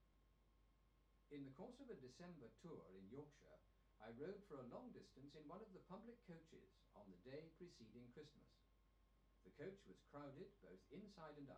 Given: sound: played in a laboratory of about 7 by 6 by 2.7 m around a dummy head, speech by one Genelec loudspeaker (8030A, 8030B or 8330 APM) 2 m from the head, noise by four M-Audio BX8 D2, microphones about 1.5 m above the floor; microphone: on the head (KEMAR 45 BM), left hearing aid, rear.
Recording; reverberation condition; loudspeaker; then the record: male speech in English; low; 90 degrees to the right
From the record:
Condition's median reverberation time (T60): about 310 ms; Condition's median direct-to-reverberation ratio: about 3.5 dB